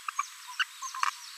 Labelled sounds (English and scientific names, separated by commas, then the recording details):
Green-rumped Parrotlet (Forpus passerinus) babbling
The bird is a female
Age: 25 days
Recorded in a nest box in Venezuela
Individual 17B42A2